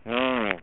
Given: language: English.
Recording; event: throat vibration sensor signal played as sound; speech